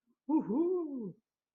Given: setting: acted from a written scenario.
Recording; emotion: vocal sound without words; triumph